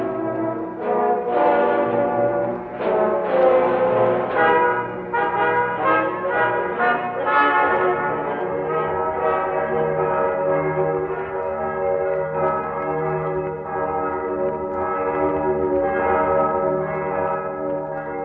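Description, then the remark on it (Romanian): Church bells toll for noon in a dense, ringing peal, overlapping strikes layering rich metallic harmonics that hang and sustain at a steady, loud level with no voices. “Clopotele bat ora nămiezii.”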